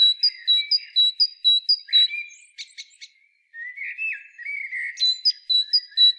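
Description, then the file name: Great tit calls: high, sharp two-note phrases repeated about twice a second, broken midway by a burst of softer twittering chirps before the bright repeated notes return. "Parus major"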